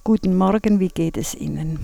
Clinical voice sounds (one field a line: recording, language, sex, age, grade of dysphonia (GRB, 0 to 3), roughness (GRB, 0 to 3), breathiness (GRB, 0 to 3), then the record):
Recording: spoken sentence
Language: German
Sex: female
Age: 60 to 69 years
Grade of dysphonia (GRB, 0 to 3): 2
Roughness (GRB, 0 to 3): 2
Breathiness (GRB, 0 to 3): 2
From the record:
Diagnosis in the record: recurrent laryngeal nerve paralysis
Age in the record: 62 years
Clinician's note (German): Kompensiert, rechts